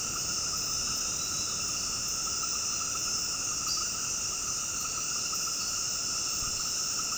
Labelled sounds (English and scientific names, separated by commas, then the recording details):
none
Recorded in dense forest near Puerto Asís, Putumayo, Colombia, on 18 February 2024 at 19:30
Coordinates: 0.486, -76.316
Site G6437